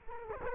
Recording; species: mosquito wingbeat signal from an infrared sensor; Culex quinquefasciatus